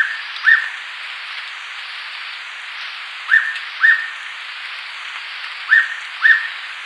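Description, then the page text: Hooded pitta song: a crisp two-note whistle, both notes alike and half a second apart, given twice over steady background hiss, after a single opening note. "Hooded Pitta Song. Quick Sounds"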